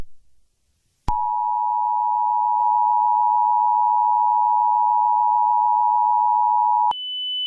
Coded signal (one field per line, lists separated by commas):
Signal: Emergency Alert System (SAME) tones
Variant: 853 and 960 Hz attention tone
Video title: EAS Scenario 8: Five Nights at Freddy’s